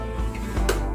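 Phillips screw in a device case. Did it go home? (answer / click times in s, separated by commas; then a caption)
no / 0.7 s. A Phillips screwdriver turns a Phillips screw at the bottom of a device case over steady background music. A brief, sharp slip sound comes at 0.7 s as the screwdriver slips, and the screw head strips out a little.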